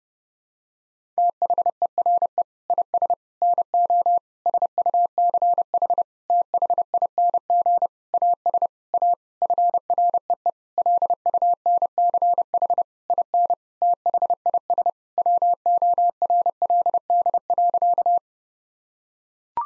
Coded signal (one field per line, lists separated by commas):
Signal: Morse code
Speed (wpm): 30 wpm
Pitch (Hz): 700 Hz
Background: none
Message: THERE IS NO SUCH THING AS A FREE LUNCH IN THIS WORLD.